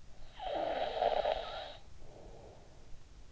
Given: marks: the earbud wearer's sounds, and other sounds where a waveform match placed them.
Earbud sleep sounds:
sounds in sleep by an in-ear microphone; snoring breath
0.01-3.32 s: snoring breath

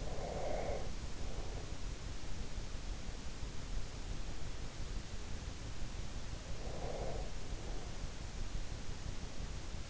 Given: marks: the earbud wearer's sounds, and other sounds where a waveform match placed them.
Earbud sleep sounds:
sounds in sleep by an in-ear microphone; breath
0.00-1.97 s: breath
6.52-8.20 s: breath

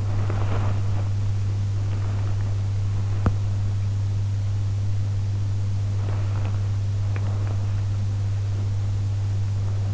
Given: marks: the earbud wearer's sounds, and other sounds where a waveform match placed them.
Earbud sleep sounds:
sounds in sleep by an in-ear microphone; body movement
0.00-1.12 s: body movement
3.18-3.45 s: sound from someone else or the room

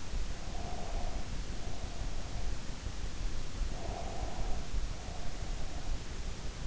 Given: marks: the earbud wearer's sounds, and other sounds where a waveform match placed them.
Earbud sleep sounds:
sounds in sleep by an in-ear microphone; breath
0.41-2.11 s: breath
3.53-5.57 s: breath

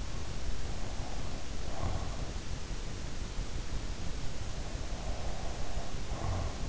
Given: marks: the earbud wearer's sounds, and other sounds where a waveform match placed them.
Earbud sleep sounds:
sounds in sleep by an in-ear microphone; breath
0.53-2.42 s: breath
4.89-6.69 s: breath

